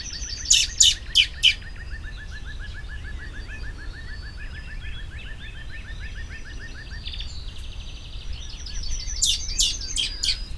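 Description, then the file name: Common blackbird harsh calls, a few loud notes at the start and a spaced series near the end, with a long rapid trill in between. "Turdus merula"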